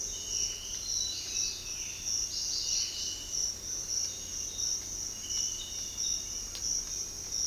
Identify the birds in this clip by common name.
none